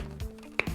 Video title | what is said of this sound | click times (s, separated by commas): Herbalife Shaker Kullanımı. ( Herbalife Süper Shaker Kuruluımu) | şu şekilde bir tık sesi gelsin | 0.6 s